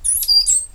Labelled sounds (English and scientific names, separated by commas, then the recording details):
Stitchbird (Notiomystis cincta) song
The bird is a male
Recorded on Tiritiri Matangi Island, New Zealand, in 2005
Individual 8, of nest box 10